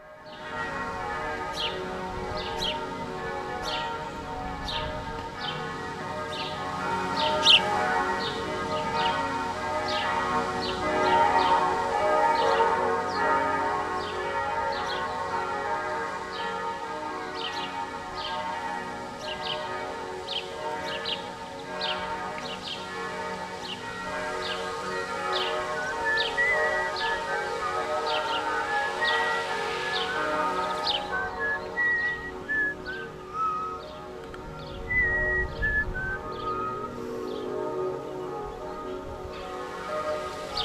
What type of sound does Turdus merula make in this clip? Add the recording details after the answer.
call. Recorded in the wild. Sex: group. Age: diverse. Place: Kaiserslautern, Rheinland-Pfalz, DE. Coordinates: 49.4283, 7.77889. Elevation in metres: 279. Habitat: garden. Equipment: Nagra IV, Sennheiser MKH 405, Parabolreflektor. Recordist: Tretzel, Erwin